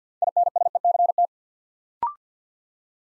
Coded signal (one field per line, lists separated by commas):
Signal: Morse code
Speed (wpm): 48 wpm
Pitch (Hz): 700 Hz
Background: none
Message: INSECT